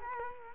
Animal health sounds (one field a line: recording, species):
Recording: mosquito wingbeat signal from an infrared sensor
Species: Culex quinquefasciatus